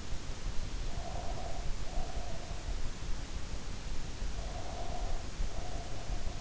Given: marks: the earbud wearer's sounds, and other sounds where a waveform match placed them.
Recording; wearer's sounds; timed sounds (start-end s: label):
sounds in sleep by an in-ear microphone; breath
0.74-2.81 s: breath
4.23-6.34 s: breath